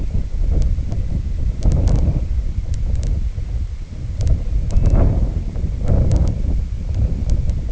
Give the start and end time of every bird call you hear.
4.61s-5.06s: Pluvialis dominica

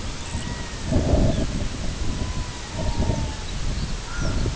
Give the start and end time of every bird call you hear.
0.03s-1.11s: Calidris fuscicollis
0.12s-1.68s: Gavia stellata
1.22s-1.50s: Calcarius lapponicus
1.98s-3.54s: Gavia stellata
2.77s-4.50s: Calcarius lapponicus
3.98s-4.56s: Gavia stellata

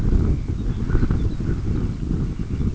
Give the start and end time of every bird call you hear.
0.00s-2.75s: Calidris alpina
0.40s-1.45s: Calcarius lapponicus
2.22s-2.75s: Calcarius lapponicus

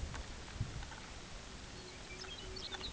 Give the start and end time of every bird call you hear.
1.29s-2.92s: Calidris melanotos
1.55s-2.92s: Calcarius lapponicus

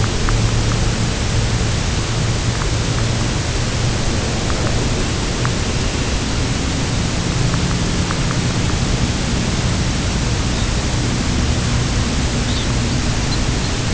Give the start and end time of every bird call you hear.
5.64s-6.34s: Calidris alpina
10.48s-10.73s: Phalaropus fulicarius
12.46s-12.68s: Phalaropus fulicarius
13.25s-13.73s: Phalaropus fulicarius

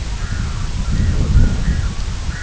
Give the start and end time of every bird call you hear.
0.15s-2.43s: Gavia stellata

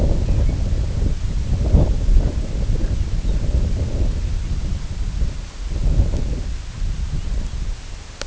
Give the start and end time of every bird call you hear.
0.17s-0.60s: Calcarius lapponicus
3.20s-3.38s: Calcarius lapponicus
7.12s-7.55s: Calcarius lapponicus

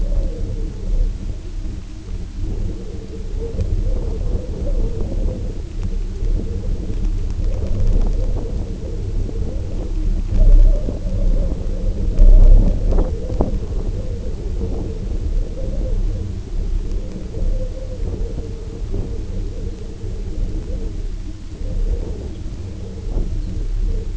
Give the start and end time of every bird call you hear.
22.22s-22.48s: Calcarius lapponicus
23.34s-23.59s: Calcarius lapponicus

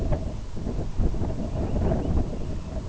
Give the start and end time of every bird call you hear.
1.22s-2.75s: Calidris maritima

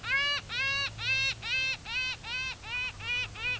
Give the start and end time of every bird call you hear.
0.03s-3.60s: Stercorarius pomarinus

